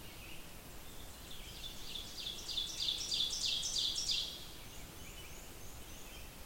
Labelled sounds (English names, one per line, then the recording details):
Ovenbird song
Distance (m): 40 m
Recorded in boreal forest in Alberta, Canada, on 20 June 2016 at 05:57
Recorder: SongMeter 3, array SBT-6-81
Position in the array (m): 154 m, 261 m
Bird 25